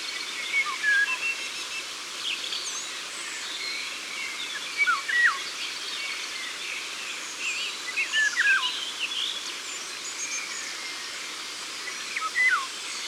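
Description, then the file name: Eurasian golden oriole repeating rich fluted phrases every few seconds, some with sharp downward slurs, while other birds twitter in the background. Ardèche, France. "Loriot-d Europe-Concerts-Naturels-De-l Ardeche"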